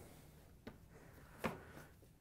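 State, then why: Seated. A Samsung dryer's control console is pushed up so its plastic tabs lock into the metal front panel. A faint tick at 0.7 s comes first, then a sharper, louder snap at 1.5 s as the tabs seat and the console snaps into place.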